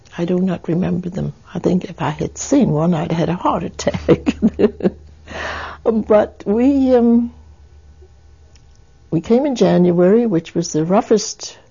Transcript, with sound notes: I do not remember them. I think if I had seen one, I'd have had a heart attack. (she laughs) But we, uh, we came in January, which was the roughest